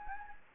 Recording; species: mosquito wingbeat signal from an infrared sensor; Anopheles gambiae